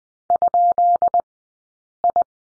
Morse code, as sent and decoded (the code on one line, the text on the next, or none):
..--.. ..
?I